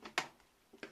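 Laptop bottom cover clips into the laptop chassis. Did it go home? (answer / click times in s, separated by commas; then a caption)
yes / 0.2 s, 0.8 s. The plastic bottom cover of an Acer TravelMate P214 laptop is lowered onto the chassis and pressed along its edges, and its clips snap into place with two sharp clicks at 0.2 s and 0.8 s, leaving the cover seated. A fainter tap is heard at 0.1 s.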